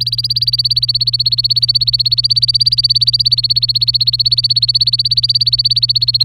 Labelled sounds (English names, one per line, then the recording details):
Domestic Canary song
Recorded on 24 April 2018 at 11:36
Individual llb3